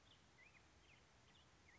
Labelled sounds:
Black-headed Grosbeak
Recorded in Sonoma County, California

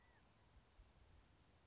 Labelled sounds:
California Quail
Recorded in Sonoma County, California

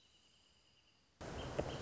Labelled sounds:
Wrentit
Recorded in Sonoma County, California

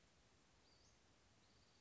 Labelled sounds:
Western Flycatcher
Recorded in Sonoma County, California

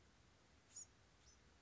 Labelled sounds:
Bewick's Wren
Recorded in Sonoma County, California

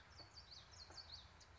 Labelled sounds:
Common Yellowthroat
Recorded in Sonoma County, California

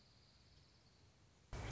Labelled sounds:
Dark-eyed Junco
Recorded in Sonoma County, California

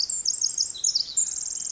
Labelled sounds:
Pacific Wren
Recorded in Sonoma County, California

